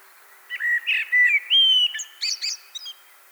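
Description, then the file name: Common blackbird song: a short run of low, fluty whistled notes that climbs into a long clear whistle, then ends in a high squeaky twitter. "Turdus merula"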